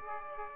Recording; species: mosquito wingbeat signal from an infrared sensor; Aedes aegypti